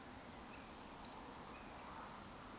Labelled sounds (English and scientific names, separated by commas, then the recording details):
Eurasian Woodcock (Scolopax rusticola) whistle
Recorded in Baden-Württemberg, Germany, on 18 June 2021 at 19:32 UTC
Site 49334, 1074 m above sea level